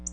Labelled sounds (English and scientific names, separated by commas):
Black-throated Blue Warbler (Setophaga caerulescens) flight call